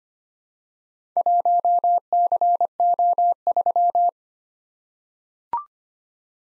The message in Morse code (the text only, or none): 1CO3